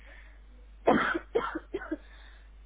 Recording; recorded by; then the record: voluntary cough; telephone call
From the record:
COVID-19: positive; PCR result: self-reported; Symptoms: no